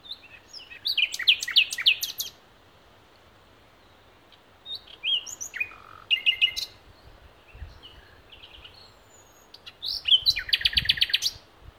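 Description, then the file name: Common nightingale song: varied phrases of sharp slurred notes and rapid rattling trills, separated by short pauses. "Luscinia megarhynchos"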